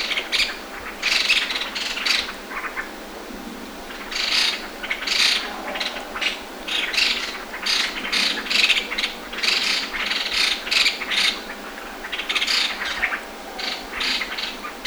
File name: Masked Laughingthrush Group Alarm Call 120107 Shenzhen Wu Tong Shan